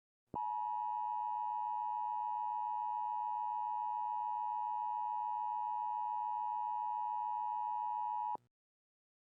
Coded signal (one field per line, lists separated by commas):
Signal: Emergency Alert System (SAME) tones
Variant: 853 and 960 Hz attention tone